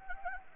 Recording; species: mosquito wingbeat signal from an infrared sensor; Anopheles gambiae